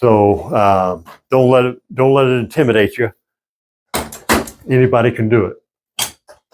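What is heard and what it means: Someone talks while handling the padded swivel seat of a sliding shower transfer bench on its metal frame, with a few brief sharp handling noises around 4.1, 4.5 and 6.3 seconds. The seat has not locked into place yet; nothing has seated or clicked by the end of the clip.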